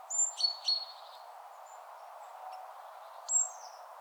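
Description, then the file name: Great tit call: a high descending whistle followed by two short chirps, then one more high whistle near the end, over a low hiss. "Parus major"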